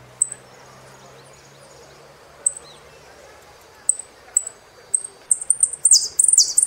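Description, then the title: Saffron finch with scattered high, clipped chips that quicken into a burst of rapid, bright, twittering notes near the end. "Jilguero Argentino"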